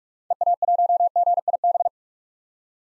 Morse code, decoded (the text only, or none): EA1GIB